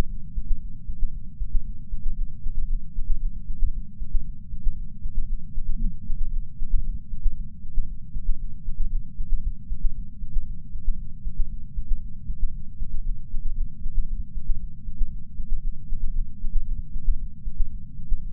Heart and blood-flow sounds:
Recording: heart sounds by patch sensor on the chest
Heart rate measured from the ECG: 116 bpm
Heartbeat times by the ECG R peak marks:
0.04 s: heartbeat
0.56 s: heartbeat
1.08 s: heartbeat
1.60 s: heartbeat
2.12 s: heartbeat
2.64 s: heartbeat
3.16 s: heartbeat
3.68 s: heartbeat
4.20 s: heartbeat
4.72 s: heartbeat
5.24 s: heartbeat
5.76 s: heartbeat
6.28 s: heartbeat
6.80 s: heartbeat
7.32 s: heartbeat
7.83 s: heartbeat
8.35 s: heartbeat
8.87 s: heartbeat
9.38 s: heartbeat
9.90 s: heartbeat
10.42 s: heartbeat
10.93 s: heartbeat
11.45 s: heartbeat
11.97 s: heartbeat
12.49 s: heartbeat
13.00 s: heartbeat
13.52 s: heartbeat
14.04 s: heartbeat
14.55 s: heartbeat
15.06 s: heartbeat
15.58 s: heartbeat
16.10 s: heartbeat
16.62 s: heartbeat
17.14 s: heartbeat
17.66 s: heartbeat
18.17 s: heartbeat
From the record:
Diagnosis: coronary artery disease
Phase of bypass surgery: intraoperative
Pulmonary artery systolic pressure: 19 mmHg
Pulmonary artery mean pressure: 14 mmHg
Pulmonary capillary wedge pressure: 9 mmHg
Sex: female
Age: 71 years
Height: 150 cm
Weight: 59 kg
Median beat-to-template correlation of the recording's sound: 0.94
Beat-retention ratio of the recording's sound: 0.98

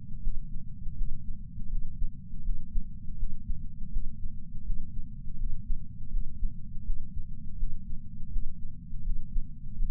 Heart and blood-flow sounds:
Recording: heart sounds by patch sensor on the chest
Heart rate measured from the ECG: 82 bpm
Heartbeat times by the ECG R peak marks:
0.21 s: heartbeat
0.95 s: heartbeat
1.68 s: heartbeat
2.42 s: heartbeat
3.16 s: heartbeat
3.90 s: heartbeat
4.63 s: heartbeat
5.36 s: heartbeat
6.09 s: heartbeat
6.83 s: heartbeat
7.56 s: heartbeat
8.30 s: heartbeat
9.02 s: heartbeat
9.75 s: heartbeat
From the record:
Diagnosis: coronary artery disease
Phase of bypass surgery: postoperative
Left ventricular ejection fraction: 62.1%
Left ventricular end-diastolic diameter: 45 mm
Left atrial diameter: 35 mm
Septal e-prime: 9.8 cm/s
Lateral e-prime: 10.5 cm/s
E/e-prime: 7.1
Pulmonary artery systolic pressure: 25 mmHg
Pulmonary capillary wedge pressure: 8 mmHg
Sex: male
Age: 58 years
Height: 172 cm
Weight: 75 kg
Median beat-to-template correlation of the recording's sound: 0.93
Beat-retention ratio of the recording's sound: 0.99

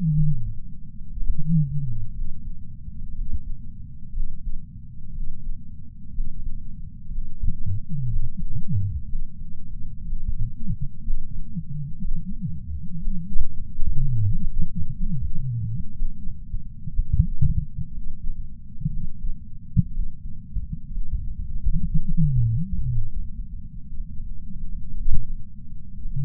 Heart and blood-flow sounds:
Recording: heart sounds by patch sensor on the chest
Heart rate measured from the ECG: 60 bpm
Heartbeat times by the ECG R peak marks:
0.10 s: heartbeat
1.10 s: heartbeat
2.11 s: heartbeat
3.12 s: heartbeat
4.11 s: heartbeat
5.10 s: heartbeat
6.10 s: heartbeat
7.08 s: heartbeat
8.06 s: heartbeat
9.04 s: heartbeat
10.03 s: heartbeat
11.00 s: heartbeat
11.98 s: heartbeat
12.96 s: heartbeat
13.94 s: heartbeat
14.92 s: heartbeat
15.91 s: heartbeat
16.90 s: heartbeat
17.88 s: heartbeat
18.87 s: heartbeat
19.88 s: heartbeat
20.88 s: heartbeat
21.87 s: heartbeat
22.88 s: heartbeat
23.91 s: heartbeat
24.93 s: heartbeat
25.96 s: heartbeat
From the record:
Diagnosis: coronary artery disease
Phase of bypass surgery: postoperative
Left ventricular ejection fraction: 61.7%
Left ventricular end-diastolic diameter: 51 mm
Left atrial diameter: 37 mm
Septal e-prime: 6.5 cm/s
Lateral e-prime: 9.2 cm/s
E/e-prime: 11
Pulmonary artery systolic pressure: 22 mmHg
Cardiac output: 4.8 L/min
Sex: male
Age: 59 years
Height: 168 cm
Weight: 81 kg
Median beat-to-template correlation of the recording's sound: 0.85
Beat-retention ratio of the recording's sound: 1.00

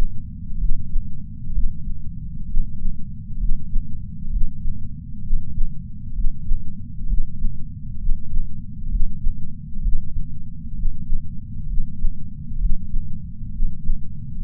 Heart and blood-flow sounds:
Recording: heart sounds by patch sensor on the chest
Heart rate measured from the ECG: 65 bpm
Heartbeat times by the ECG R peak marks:
0.57 s: heartbeat
1.51 s: heartbeat
2.45 s: heartbeat
3.37 s: heartbeat
4.29 s: heartbeat
5.21 s: heartbeat
6.12 s: heartbeat
7.06 s: heartbeat
7.97 s: heartbeat
8.88 s: heartbeat
9.80 s: heartbeat
10.73 s: heartbeat
11.65 s: heartbeat
12.58 s: heartbeat
13.50 s: heartbeat
14.42 s: heartbeat
From the record:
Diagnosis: coronary artery disease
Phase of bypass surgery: preoperative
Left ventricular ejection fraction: 49.5%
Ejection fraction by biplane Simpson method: 47.8%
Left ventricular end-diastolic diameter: 60 mm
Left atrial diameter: 43 mm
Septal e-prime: 5 cm/s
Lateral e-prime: 6.6 cm/s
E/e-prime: 10.3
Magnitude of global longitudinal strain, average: 15.5%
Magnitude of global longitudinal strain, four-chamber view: 15.2%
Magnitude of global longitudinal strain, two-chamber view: 16.5%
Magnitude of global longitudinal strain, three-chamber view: 14.7%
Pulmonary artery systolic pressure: 27 mmHg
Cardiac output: 5.6 L/min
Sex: male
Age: 57 years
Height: 175 cm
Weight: 71 kg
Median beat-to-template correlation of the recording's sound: 0.89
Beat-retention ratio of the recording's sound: 0.99

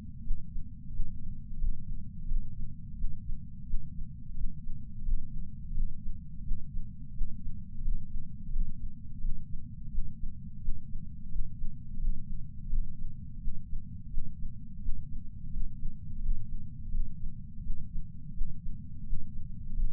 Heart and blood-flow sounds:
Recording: heart sounds by patch sensor on the chest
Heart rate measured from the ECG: 86 bpm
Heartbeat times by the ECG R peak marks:
0.23 s: heartbeat
0.92 s: heartbeat
1.60 s: heartbeat
2.28 s: heartbeat
2.97 s: heartbeat
3.66 s: heartbeat
4.36 s: heartbeat
5.05 s: heartbeat
5.74 s: heartbeat
6.44 s: heartbeat
7.14 s: heartbeat
7.84 s: heartbeat
8.53 s: heartbeat
9.21 s: heartbeat
9.91 s: heartbeat
10.61 s: heartbeat
11.31 s: heartbeat
12.01 s: heartbeat
12.70 s: heartbeat
13.40 s: heartbeat
14.10 s: heartbeat
14.81 s: heartbeat
15.52 s: heartbeat
16.22 s: heartbeat
16.91 s: heartbeat
17.63 s: heartbeat
18.33 s: heartbeat
19.05 s: heartbeat
19.75 s: heartbeat
From the record:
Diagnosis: coronary artery disease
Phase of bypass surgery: preoperative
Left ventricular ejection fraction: 50.8%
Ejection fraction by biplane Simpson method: 50%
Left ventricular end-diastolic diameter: 50 mm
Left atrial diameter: 32 mm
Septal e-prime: 7.2 cm/s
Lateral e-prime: 9.1 cm/s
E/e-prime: 8.5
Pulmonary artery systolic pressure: 23 mmHg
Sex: male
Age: 65 years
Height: 170 cm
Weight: 65 kg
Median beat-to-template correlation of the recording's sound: 0.75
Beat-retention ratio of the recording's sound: 0.96

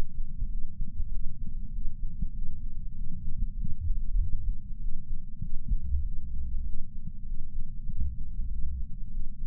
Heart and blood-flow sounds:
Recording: heart sounds by patch sensor on the chest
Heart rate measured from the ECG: 97 bpm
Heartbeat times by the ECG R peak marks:
0.47 s: heartbeat
1.09 s: heartbeat
1.70 s: heartbeat
2.31 s: heartbeat
2.93 s: heartbeat
3.55 s: heartbeat
4.16 s: heartbeat
4.78 s: heartbeat
5.40 s: heartbeat
6.01 s: heartbeat
6.63 s: heartbeat
7.24 s: heartbeat
7.85 s: heartbeat
8.47 s: heartbeat
9.09 s: heartbeat
From the record:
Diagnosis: coronary artery disease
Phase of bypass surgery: preoperative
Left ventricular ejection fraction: 66.8%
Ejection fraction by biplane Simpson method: 67.5%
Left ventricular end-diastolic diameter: 41 mm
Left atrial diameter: 29 mm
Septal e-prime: 9.5 cm/s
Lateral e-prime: 10.6 cm/s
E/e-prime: 8.7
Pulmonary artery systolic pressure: 27 mmHg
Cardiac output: 4.8 L/min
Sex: female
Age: 77 years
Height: 168 cm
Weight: 49 kg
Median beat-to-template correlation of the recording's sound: 0.81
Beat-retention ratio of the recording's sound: 0.99

